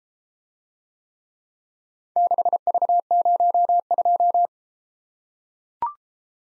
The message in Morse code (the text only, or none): 6V02